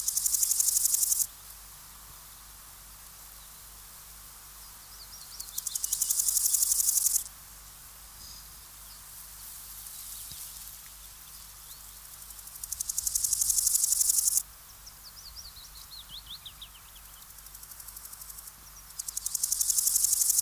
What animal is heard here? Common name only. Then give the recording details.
Large Gold Grasshopper. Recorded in the wild. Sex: male. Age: imago. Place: Summt, am Buchenberg, Brandenburg, DE. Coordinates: 52.695, 13.3594. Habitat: Feuchtbiotop. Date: 1999-06-20 14:41. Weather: heiter, 22 - 24°C. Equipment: Sony WM-D6C, Sennheiser MKH 416 T, Kopie Uher 4000 Report Monitor. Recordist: Tembrock, Günter